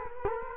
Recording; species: mosquito wingbeat signal from an infrared sensor; Culex quinquefasciatus